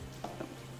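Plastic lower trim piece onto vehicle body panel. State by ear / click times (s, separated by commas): seated / 0.2 s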